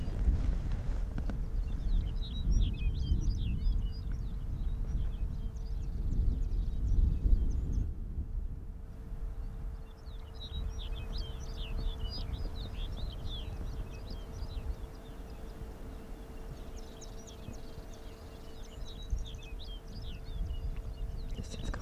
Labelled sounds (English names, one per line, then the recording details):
Arctic Fox
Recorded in the wild
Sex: male
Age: adult
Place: Insel Mednyi, Kommandeur-Inseln, RU
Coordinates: 54.5167, 168.083
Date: 1999-07-14
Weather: 6°C, Nebel, mäßiger Südostwind
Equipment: Sony WM-D6C, Sennheiser ME 80, K 30 AV, Windkorb, Kopie Sony TCD-D8
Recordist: Jakupi, Antje
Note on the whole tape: Südosten der Insel, Haupttal, "Fichtelberg": Eine Bellstrophe des Rüden violett/grün 71. Zuvor leises "Quietschen" des gleichen Tieres. Entfernung ca. 5 m